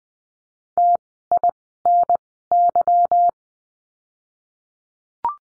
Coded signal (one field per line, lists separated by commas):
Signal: Morse code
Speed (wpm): 19 wpm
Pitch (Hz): 700 Hz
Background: none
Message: TINY